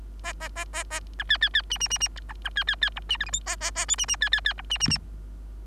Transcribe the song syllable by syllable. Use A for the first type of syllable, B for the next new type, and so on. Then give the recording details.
A A A A A B C C C D D D D B B C C C E D F G H A A A I D D C C C E D D D. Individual Bird3